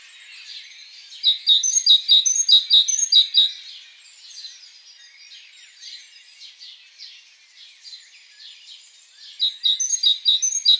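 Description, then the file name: Great tit song: bright, rapid two-note phrases repeated in a burst, then a quieter stretch of softer notes, then the phrases return near the end. "Parus major"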